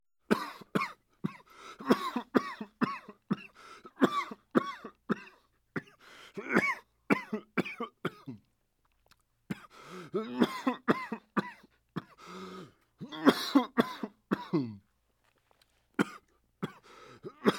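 An adult man coughs in rapid, repeated bouts: a long run of short, harsh, partly voiced bursts, a brief pause, then further fits with some throat clearing.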